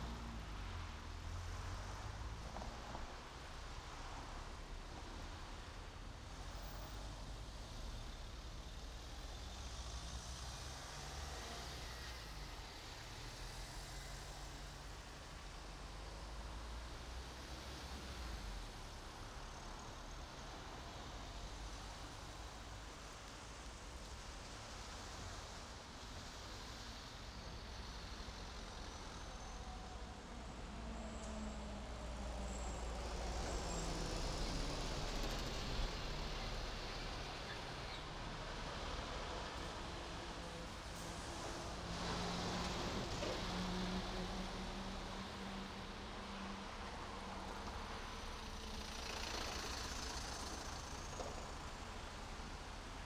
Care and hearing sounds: everyday scene through a hearing-aid microphone; in traffic; traffic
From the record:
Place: main road on the outskirts, rush hour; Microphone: in the ear canal, right

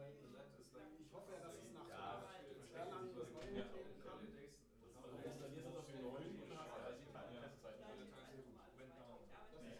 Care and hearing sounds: everyday scene through a hearing-aid microphone; many people talking; many voices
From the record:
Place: bistro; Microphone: behind the ear, left, rear

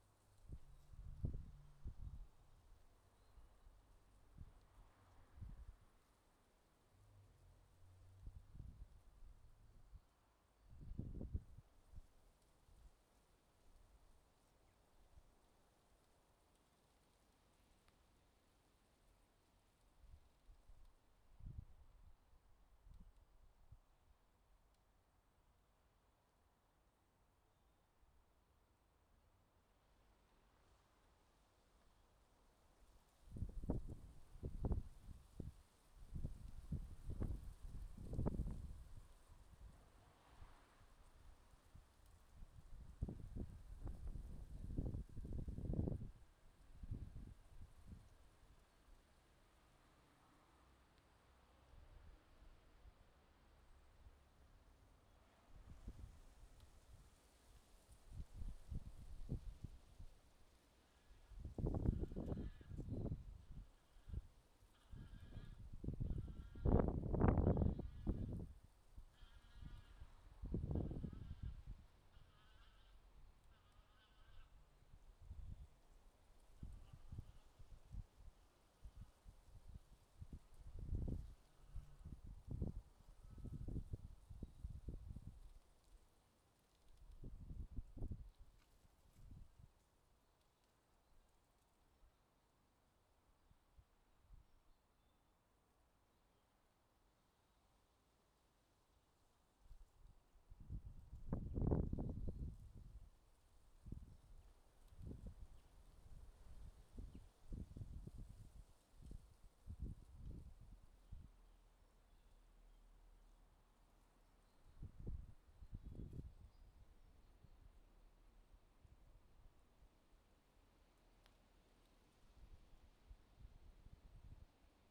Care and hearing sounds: everyday scene through a hearing-aid microphone; wind on the microphone; wind, traffic, goose, birds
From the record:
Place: suburban garden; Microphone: in the ear canal, left

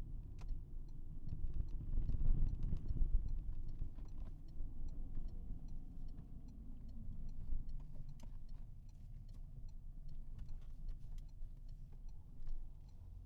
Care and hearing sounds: everyday scene through a hearing-aid microphone; in a vehicle; engine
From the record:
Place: Berlingo II, diesel engine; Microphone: behind the ear, right, front

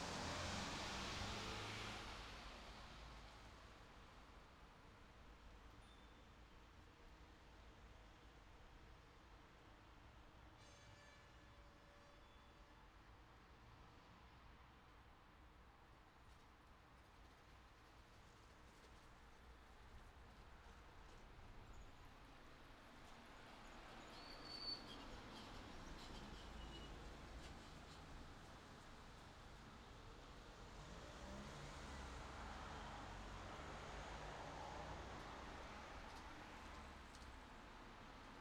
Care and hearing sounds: everyday scene through a hearing-aid microphone; in traffic; traffic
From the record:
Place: city secondary road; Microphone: in the ear canal, left

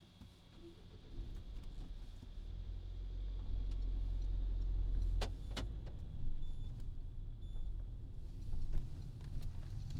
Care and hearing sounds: everyday scene through a hearing-aid microphone; in a vehicle; other noises, engine starting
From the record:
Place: Berlingo II, diesel engine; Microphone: in the ear canal, left

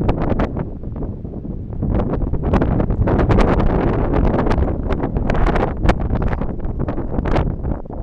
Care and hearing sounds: everyday scene through a hearing-aid microphone; wind on the microphone; squally wind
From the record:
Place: parking lot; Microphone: behind the ear, right, front

